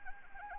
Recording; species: mosquito wingbeat signal from an infrared sensor; Anopheles arabiensis